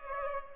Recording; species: mosquito wingbeat signal from an infrared sensor; Culex pipiens